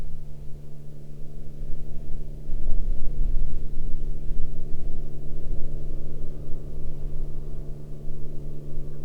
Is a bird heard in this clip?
no